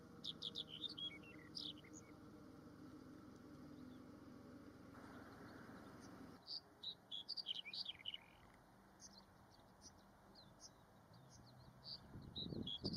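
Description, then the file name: Black-headed bunting song: short bursts of high, jangling notes early on, then a busier run of scattered chirps from about six seconds, over low background noise. "Canto da escrevedeira de cabeca preta"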